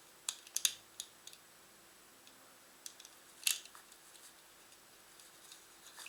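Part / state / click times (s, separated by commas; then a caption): plastic model kit part into torso assembly / not seated / none. A plastic part from an MSN-04 Sazabi Gunpla model kit is pressed repeatedly onto the torso assembly, producing brief sharp plastic taps and scrapes, loudest near 0.7 s and 3.5 s, over a quiet background. The part will not snap in at the bottom, so nothing has clicked into place.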